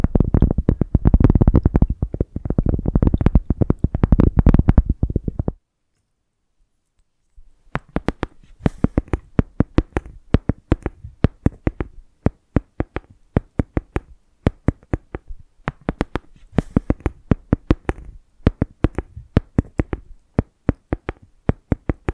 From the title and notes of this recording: Invisible Tapping, Scratching, Tracing (No Talking).